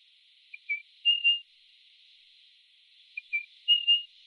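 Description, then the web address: Spotted pardalote calling, two whistled phrases a few seconds apart, each quick short notes then two longer clear notes. Recorded in a garden in Canberra, Australia. "canberra-garden-birds pardalotes spotted-pardalote"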